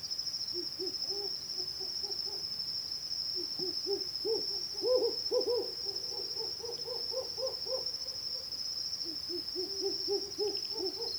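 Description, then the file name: Hume's owl hoots in long rapid series, rising in intensity midway, backed by a persistent high insect buzz. Two males in a territorial confrontation, giving pulsed hooting and compound hooting. "Humes Owl Pulsed Hooting Compound Hooting In Territorial Confrontation Between Two Males"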